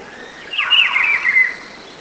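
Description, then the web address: Rufous-browed peppershrike song: a single rich, warbled whistled phrase of about one second, over faint background hiss. "cantos juanchiviro"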